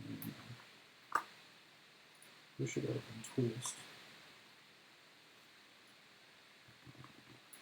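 A small plastic microswitch is pushed up into an arcade push-button housing and twisted to lock it, while someone talks. A sharp tick near 1.2 s stands out among soft handling rustles and faint taps toward the end. Nothing has seated or clicked into place yet.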